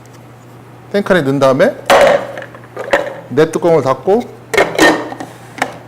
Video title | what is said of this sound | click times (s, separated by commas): 특강 흑백 현상 2부 | 딸깍 소리가 납니다. 잠기면. | 5.6 s